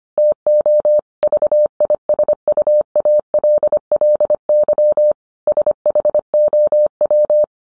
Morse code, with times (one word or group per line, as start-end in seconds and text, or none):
0.2-1.0 TO
1.2-5.1 VISUALLY
5.5-7.4 SHOW